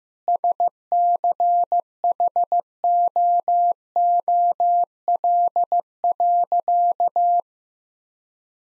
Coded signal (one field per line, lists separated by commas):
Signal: Morse code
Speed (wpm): 15 wpm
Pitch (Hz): 700 Hz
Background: none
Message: SCHOOL.